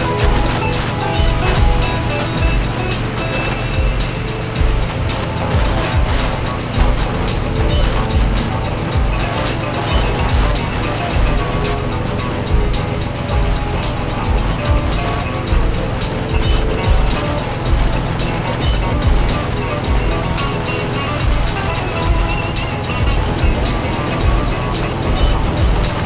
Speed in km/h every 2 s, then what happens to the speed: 95, 92, 92, 90, 89, 89, 87, 84, 85, 87, 84, 84, 84.
0-13 slows to 84. 13-26 steady at about 84.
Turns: none.